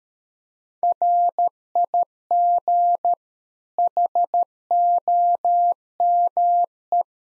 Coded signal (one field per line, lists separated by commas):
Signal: Morse code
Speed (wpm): 13 wpm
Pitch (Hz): 700 Hz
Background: none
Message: RIG HOME